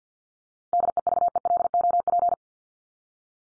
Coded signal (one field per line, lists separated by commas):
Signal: Morse code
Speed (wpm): 50 wpm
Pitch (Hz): 700 Hz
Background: none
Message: DEVELOP